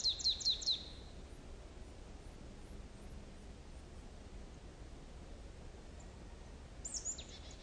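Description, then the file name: Marsh tit call: a short burst of four rapid, clipped high notes, then quiet hiss and one faint thin high note near the end. "Poecile palustris"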